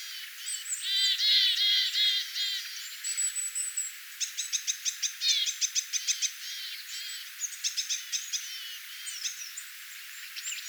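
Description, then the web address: Small birds twittering together, a busy mix of high chirps, rapid trills and ticking notes overlapping almost without pause. Calls of a flock of small birds, recorded 22 August 2025. "paivat 22 8 2025 pikkulintuparven aantelya"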